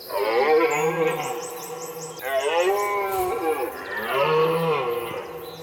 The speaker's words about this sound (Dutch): Nou ja, kijk, dit is natuurlijk wel gaaf, weet je. Dit is wel echt, dit geluid wordt veroorzaakt door het edelhert en het mannelijk edelhert.